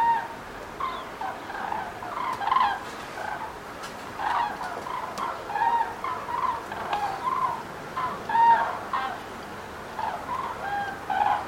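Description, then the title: Common crane flock trumpeting steadily as it passes, many overlapping rolling calls repeating throughout, with a few sharp clicks in the background. Flock of common cranes passing over in grouped flight, 29 October 2016; calls described as surprising sounds. "Passage De Grues Cendrées 29 Octobre 2016"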